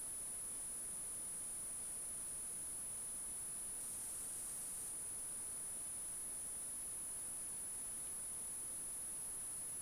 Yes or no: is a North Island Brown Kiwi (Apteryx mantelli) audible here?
no